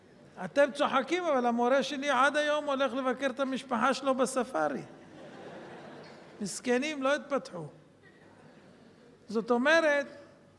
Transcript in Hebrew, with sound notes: אתם צוחקים אבל המורה שלי עד היום הולך לבקר את המשפחה שלו בספארי... [צחוק בקהל] מסכנים! לא התפתחו... זאת אומרת,